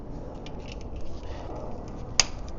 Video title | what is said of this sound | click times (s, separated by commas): EV Base 21" Wheel Protectors Tesla Model 3/Y | you hear the clicks | 0.5 s, 0.7 s, 2.2 s